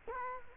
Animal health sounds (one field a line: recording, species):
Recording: mosquito wingbeat signal from an infrared sensor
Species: Culex quinquefasciatus